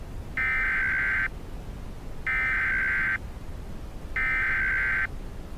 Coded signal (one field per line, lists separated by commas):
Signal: Emergency Alert System (SAME) tones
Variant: header bursts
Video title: EAS Scenario - Ohio Unknown and Inexperienced Incident Situation (Part 4)